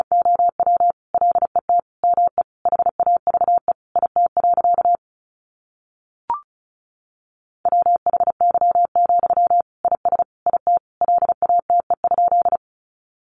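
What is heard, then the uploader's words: Morse code beeps in a single steady mid-pitched tone, fast dots and dashes for five seconds, a pause with one brief click, then more. Sentences from Top 300 Words 35wpm. First, the words are sent in Morse code.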